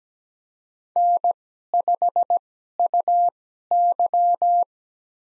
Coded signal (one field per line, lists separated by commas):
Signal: Morse code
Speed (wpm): 17 wpm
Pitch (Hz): 700 Hz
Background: none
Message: N5UY